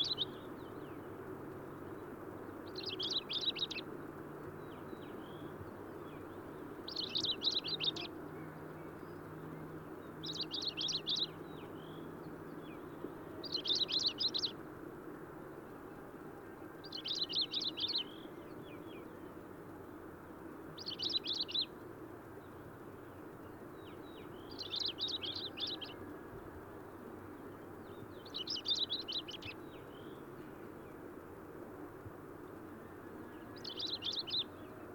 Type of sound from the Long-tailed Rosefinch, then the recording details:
song. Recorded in the wild. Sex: male. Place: Dzhalmyn, MN. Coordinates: 48.166, 107.736. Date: 1979-06-10 11:00. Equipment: Nagra III BH, Sennheiser MD 21, parabola. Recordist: Schubert, Michael